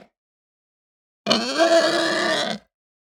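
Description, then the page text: Hampshire pig gives one harsh, rasping squeal lasting about one and a half seconds, steady in pitch, after a second of silence. Short squeal that ramps up. "Hampshire Pig Squeal Ramp Up Short. Quick Sounds"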